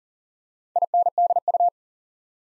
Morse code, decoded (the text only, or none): INDU